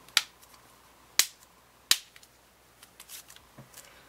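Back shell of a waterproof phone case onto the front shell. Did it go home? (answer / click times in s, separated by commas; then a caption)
yes / 0.2 s, 1.2 s, 1.9 s. The plastic back shell of a waterproof LifeProof iPhone 4 case is pressed hard onto the front shell to seat its last clips. Three loud, sharp snaps ring out at 0.2, 1.2 and 1.9 seconds, followed only by faint small handling sounds. After the third snap no more clicks come, and the case back is snapped fully home.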